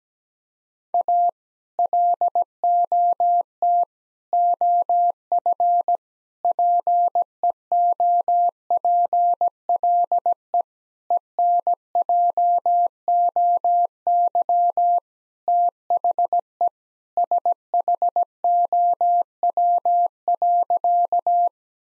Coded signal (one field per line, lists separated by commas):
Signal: Morse code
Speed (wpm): 17 wpm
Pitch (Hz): 700 Hz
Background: none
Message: A LOT OF PEOPLE ENJOY THE SHOW.